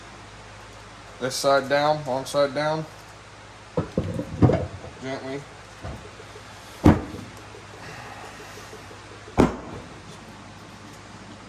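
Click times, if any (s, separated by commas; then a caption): 9.4 s. An Mfactory limited-slip differential is lowered gently, long side down, into the case half of a K24 manual transmission while someone talks. Several soft knocks and a sharper thud near 6.9 seconds come as it is handled. It snaps into place with a crisp click at 9.4 seconds.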